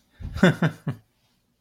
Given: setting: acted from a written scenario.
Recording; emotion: vocal sound without words; embarrassment